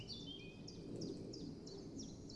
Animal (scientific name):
Phylloscopus collybita